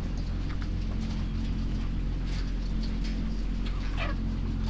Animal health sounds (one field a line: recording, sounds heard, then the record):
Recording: poultry house recording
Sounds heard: sick chickens (respiratory disease)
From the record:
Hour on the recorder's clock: 20